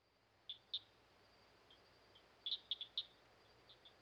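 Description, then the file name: Southern cricket frog calling with sharp, high clicking notes, a pair near the start and a quick cluster of several clicks midway, over a soft steady hiss. "dan-gibsons-solitudes southern-cricket-frog"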